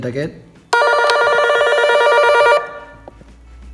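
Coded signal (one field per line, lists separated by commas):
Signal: none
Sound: toy walkie-talkie call tone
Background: speech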